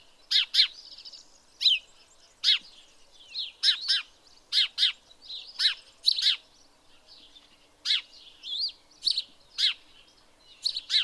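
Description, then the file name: House sparrow chirping, a series of loud chirps, some in pairs, at uneven intervals. "Passer domesticus"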